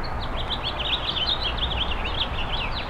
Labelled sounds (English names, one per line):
House Finch song